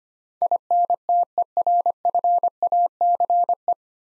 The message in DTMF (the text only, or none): none